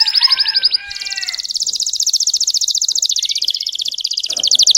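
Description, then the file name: Canary song of fast trills, one lower with a buzzy undertone, then a long, bright, rapid rolling trill. Song of a red frosted Belgian canary. "canto do canario belga vermelho nevado"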